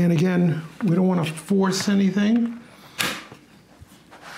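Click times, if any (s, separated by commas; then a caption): 3.0 s. Someone talks while the bottom shell of a Dell Precision 5680 laptop is pried and pushed toward the back of the computer. At 3.0 s a sharp snap is heard as a plastic retaining tab in the chassis lets go, releasing the bottom cover clip.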